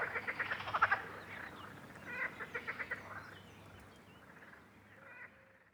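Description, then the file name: Green frog calling in rapid pulsed croaks, a quick run of bursts, then a second shorter series and a faint last one, over steady low background hum. "Grenouille verte"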